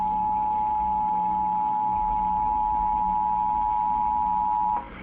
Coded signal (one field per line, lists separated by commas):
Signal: Emergency Alert System (SAME) tones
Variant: 853 and 960 Hz attention tone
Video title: Rare & Unsettling Emergency Alert System Broadcasts Explained